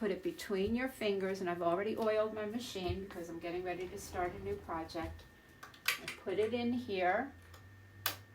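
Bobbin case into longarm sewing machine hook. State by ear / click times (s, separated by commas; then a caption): seated / 8.1 s. A loaded metal bobbin case is inserted into the metal hook assembly of a freshly oiled longarm quilting machine while someone talks. A few soft clicks come first, then one sharp click at 8.1 s as the case snaps into the hook and seats.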